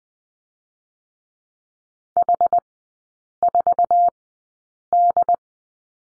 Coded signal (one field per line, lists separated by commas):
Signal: Morse code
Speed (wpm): 20 wpm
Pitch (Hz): 700 Hz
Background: none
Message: H4D